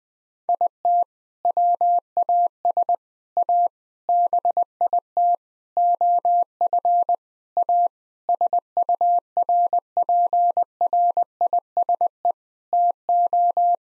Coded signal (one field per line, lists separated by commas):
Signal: Morse code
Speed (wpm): 20 wpm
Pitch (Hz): 700 Hz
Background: none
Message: IT WAS A BIT OF A SURPRISE TO